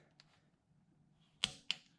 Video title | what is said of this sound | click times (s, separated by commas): How To Install & Torque ARP Head Studs on a Rover V8 - 1997 Land Rover Discovery - "Jimmy" | there's our click eight | 1.4 s, 1.7 s